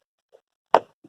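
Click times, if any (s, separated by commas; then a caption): 0.7 s. A plastic trim clip cover is pushed back onto the sun visor mount at the headliner of a 2008 Hyundai Sonata and snaps into place with one sharp, loud click at 0.8 s. A faint tap comes just before it at about 0.3 s, and a softer low knock follows at about 1.0 s. The clip is seated.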